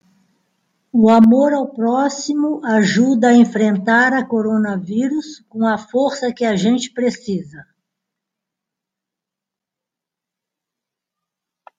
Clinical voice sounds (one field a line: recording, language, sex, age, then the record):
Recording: spoken sentence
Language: Brazilian Portuguese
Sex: female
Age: 50 to 59 years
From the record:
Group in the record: control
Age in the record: 58 years